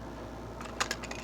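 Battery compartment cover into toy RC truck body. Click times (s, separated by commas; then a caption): 0.8 s. The plastic battery compartment cover on a Harbor Freight Rock Crawler toy RC truck, which takes four AA batteries, is pushed back into place. A sharp click at 0.8 s marks its clip engaging, with lighter plastic taps around it near 0.6, 0.9 and 1.1 s. The cover seats.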